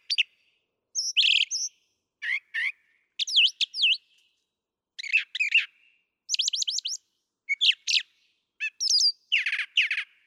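Brown thrasher song of assorted short phrases, high thin notes, harsh rasps and sweeping chirps, often doubled, set apart by short pauses.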